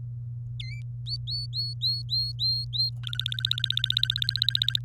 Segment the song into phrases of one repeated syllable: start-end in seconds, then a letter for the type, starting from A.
0.59-0.81 A, 1.07-2.89 B, 3.04-4.79 C